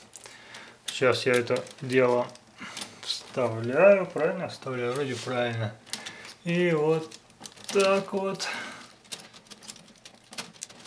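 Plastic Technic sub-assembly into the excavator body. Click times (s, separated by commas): 10.6 s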